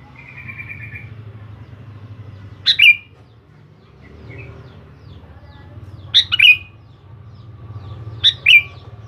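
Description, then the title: Sooty-headed bulbul song: three brief chirpy phrases a few seconds apart, over a steady low rumble and a soft buzzy note early on. "Kutilang"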